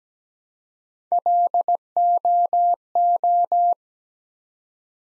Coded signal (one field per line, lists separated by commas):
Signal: Morse code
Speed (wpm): 17 wpm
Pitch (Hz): 700 Hz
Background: none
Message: LOO